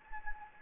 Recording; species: mosquito wingbeat signal from an infrared sensor; Anopheles gambiae